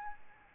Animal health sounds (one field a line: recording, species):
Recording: mosquito wingbeat signal from an infrared sensor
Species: Aedes albopictus